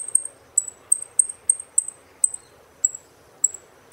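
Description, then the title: Saffron finch calling: sharp, very high short notes repeated in a slightly uneven series, roughly twice a second. "Jilguero Argentino"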